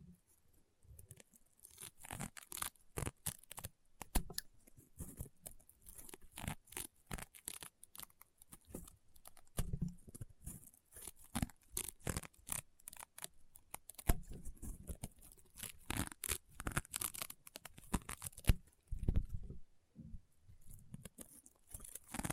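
Crunchy, popping slime being pressed and squeezed, giving a dense run of sharp crackles and snaps that come in quick bursts with brief pauses between. The pops are crisp and bright, and the pace stays busy throughout, with a few louder snaps near the end.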